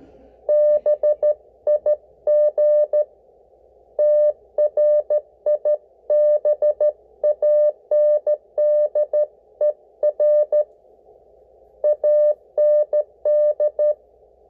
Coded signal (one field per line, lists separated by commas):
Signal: Morse code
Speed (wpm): 14 wpm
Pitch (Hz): 600 Hz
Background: none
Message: BIG TRIBANDER AND